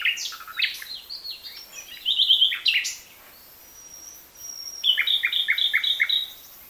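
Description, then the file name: Common nightingale song with varied chattering notes, a drawn-out thin whistle, then a fast series of about six repeated two-part notes. "Luscinia megarhynchos"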